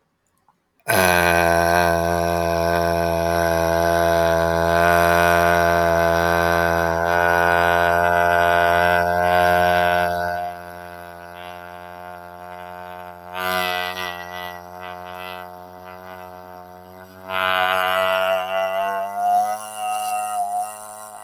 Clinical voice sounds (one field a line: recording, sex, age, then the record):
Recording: vowel held as long as possible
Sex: male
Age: 30 to 39 years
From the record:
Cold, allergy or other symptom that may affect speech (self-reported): no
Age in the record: 34 years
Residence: Ohio, United States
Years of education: 15